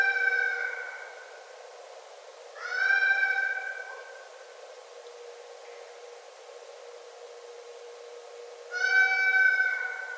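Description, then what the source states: Red fox calling, three rich harmonic wails of roughly a second each, the second and third about six seconds apart, with faint hiss between them. Recorded on 9 December 2011.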